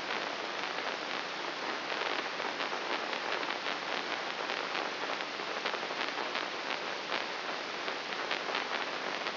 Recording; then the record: brain microelectrode recording played as sound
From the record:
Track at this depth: inside the subthalamic nucleus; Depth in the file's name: 0.107 mm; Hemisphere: right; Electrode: 3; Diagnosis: Parkinson's disease